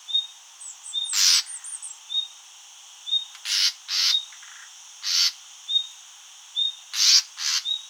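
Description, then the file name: Common nightingale giving brief high whistled notes about once a second, alternating with loud rasping bursts; a short high twittering phrase appears early on. "Luscinia megarhynchos"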